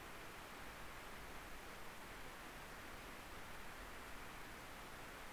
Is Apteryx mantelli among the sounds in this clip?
no